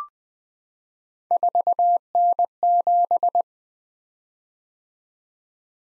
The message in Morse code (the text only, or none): 4N7